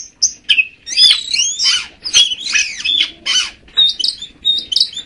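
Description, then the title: Magpie-robin song: loud sweeping whistles and harsh chattering phrases, then softer, higher piping notes toward the end. "Kacer"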